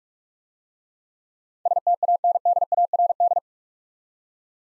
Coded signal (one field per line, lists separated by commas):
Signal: Morse code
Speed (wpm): 44 wpm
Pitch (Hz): 700 Hz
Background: none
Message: STANDARD